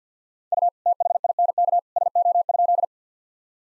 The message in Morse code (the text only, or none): U THINK SO?